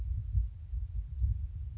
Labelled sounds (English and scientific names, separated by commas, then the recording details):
Western Flycatcher (Empidonax difficilis)
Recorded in Sonoma County, California